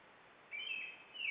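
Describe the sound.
European robin singing two short, thin, high warbled phrases with slight downward slides, set against a constant hiss.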